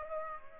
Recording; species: mosquito wingbeat signal from an infrared sensor; Aedes aegypti